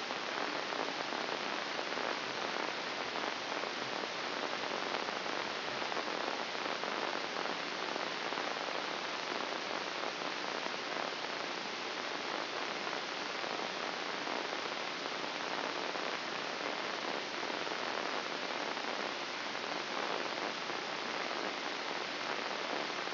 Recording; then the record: brain microelectrode recording played as sound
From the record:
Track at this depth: inside the subthalamic nucleus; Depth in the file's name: 4.51 mm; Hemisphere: left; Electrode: 2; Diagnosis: Parkinson's disease